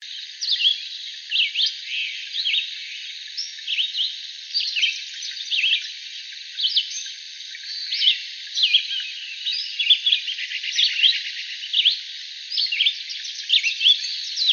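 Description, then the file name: Red-eyed vireo song: short, varied whistled phrases of rising and falling notes, delivered in a steady series about one to two per second without long breaks. Arizona, 22 July 2001. "REVI deviche"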